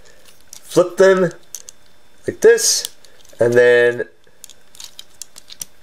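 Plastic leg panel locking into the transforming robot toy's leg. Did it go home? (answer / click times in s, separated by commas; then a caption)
yes / 5.2 s, 5.6 s. Someone talks while flipping the split plastic leg pieces of a Legacy Override transforming robot toy, with light plastic clicks and handling taps throughout. The leg panels then lock into place with sharp snaps at 5.2 s and 5.6 s, confirming they are seated.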